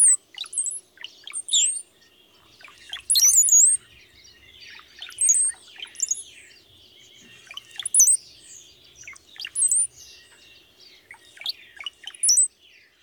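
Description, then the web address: Brown-headed cowbird song: liquid gurgling notes ending in thin, very high sliding whistles, repeated roughly every one to two seconds throughout. Common western species of North America. "Songs of Birds of North America Know Your Bird Sounds Common Western Species 45-Brown-headed Cowbird"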